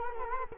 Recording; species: mosquito wingbeat signal from an infrared sensor; Culex quinquefasciatus